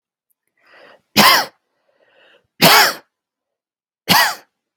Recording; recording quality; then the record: heavy voluntary cough; excellent, no background noise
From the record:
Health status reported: healthy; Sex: female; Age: 48 years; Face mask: not worn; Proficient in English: yes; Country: United States